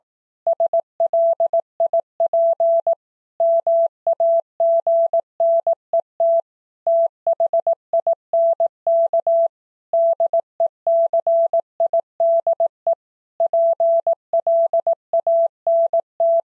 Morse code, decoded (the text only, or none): SLIP MAGNET THINK DECIDE PLANT